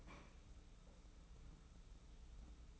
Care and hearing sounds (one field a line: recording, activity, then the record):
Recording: daily activity, microphone in the room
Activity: open fridge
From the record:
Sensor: 1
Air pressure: 991.0 hPa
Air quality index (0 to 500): 112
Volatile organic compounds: 121 ppm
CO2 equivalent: 3879 ppm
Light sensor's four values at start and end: 19/45/19/21 and 19/45/19/21